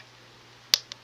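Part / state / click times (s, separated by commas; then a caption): safety eye washer onto safety eye shaft in a crochet toy / seated / 0.7 s. A plastic washer back is pushed, cupped side down, onto the shaft of a plastic safety eye through a crocheted amigurumi toy piece. A sharp click at 0.7 s is followed by a fainter tick at 0.9 s over a low steady hum. The backing clicks locked so the safety eye won't fall out and become a choking hazard.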